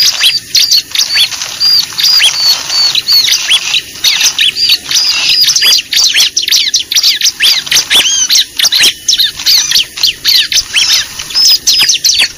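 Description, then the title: Lovebird chattering, continuous shrill chirps and clicks tumbling rapidly over one another with hardly any gaps. Lure recording (pikat) used to attract lovebirds. "PIKAT BURUNG LOVEBIRD"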